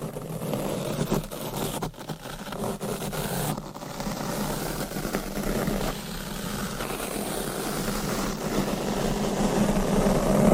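Scratching and brushing on a microphone, a dense, continuous rustle with a rough low rumble underneath. Brief tapping bumps come near the start and around the two- and three-and-a-half-second marks, and the rubbing grows steadily louder toward the end.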